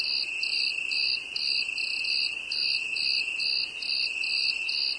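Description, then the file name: Cricket song of rhythmic, high-pitched chirps repeating briskly over a constant ringing drone. "grillon"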